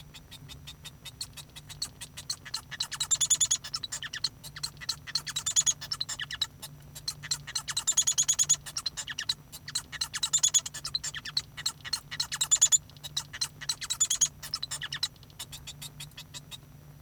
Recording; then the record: song of a male Bengalese finch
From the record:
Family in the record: son of father 1